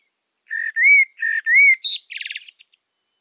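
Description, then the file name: Common blackbird singing a short phrase: two pairs of mellow whistled notes, the second of each rising, then a scratchy high trill and thin squeaks at the end. "Turdus merula"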